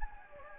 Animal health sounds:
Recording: mosquito wingbeat signal from an infrared sensor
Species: Anopheles gambiae

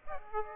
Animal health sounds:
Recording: mosquito wingbeat signal from an infrared sensor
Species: Aedes aegypti

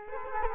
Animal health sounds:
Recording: mosquito wingbeat signal from an infrared sensor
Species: Culex quinquefasciatus

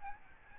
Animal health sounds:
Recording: mosquito wingbeat signal from an infrared sensor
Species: Aedes albopictus

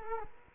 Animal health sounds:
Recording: mosquito wingbeat signal from an infrared sensor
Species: Culex quinquefasciatus

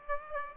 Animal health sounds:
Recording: mosquito wingbeat signal from an infrared sensor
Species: Aedes aegypti

